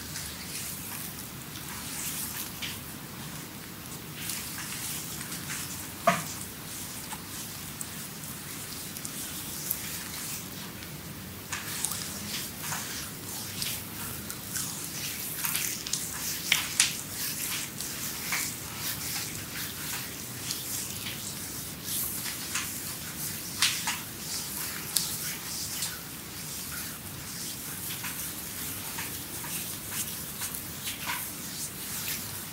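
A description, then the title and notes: Massage sounds as hands rub and slide over skin, a dense steady hiss of soft friction with occasional sharper slaps and taps. ASMR Creamy Full Body Massage by Adel.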